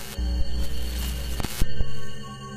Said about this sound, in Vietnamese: Lạ thay, cái bóng đèn ở trong phòng đột nhiên cứ kêu lên những tiếng rè rè rè rè, chớp tắt liên hồi.